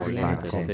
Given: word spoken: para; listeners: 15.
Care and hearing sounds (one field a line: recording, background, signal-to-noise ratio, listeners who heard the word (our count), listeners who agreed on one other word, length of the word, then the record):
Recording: one Spanish word in noise, from a listening test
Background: four-talker babble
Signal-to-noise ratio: -2.9 dB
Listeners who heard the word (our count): 0 of 15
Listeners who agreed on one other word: 8 of 15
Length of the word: 0.34 s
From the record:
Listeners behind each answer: 8, 2, 1, 1, 1, 1, 1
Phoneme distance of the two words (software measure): 40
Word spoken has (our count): 2 syllables, 4 phonemes, stress on syllable 1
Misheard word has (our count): 2 syllables, 4 phonemes, stress on syllable 1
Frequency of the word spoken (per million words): 6962.26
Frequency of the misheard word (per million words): 73.67